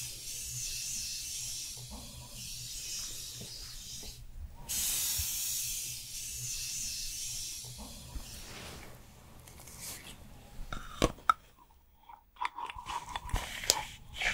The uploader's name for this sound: Korean Special Skincare Routine